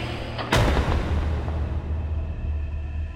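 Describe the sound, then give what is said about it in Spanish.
Scrooge's front door, fitted with a knocker, slams shut once with a sharp, heavy bang, echoing through the house like thunder, followed by a low booming rumble that lingers and slowly fades over a steady background hum. “Resonó el portazo en toda la casa como un trueno, encima todas las habitaciones y debajo todas las cubas en el sótano del vinatero parecieron poseer estrépito de ecos independientes de la puerta de Scrooge,”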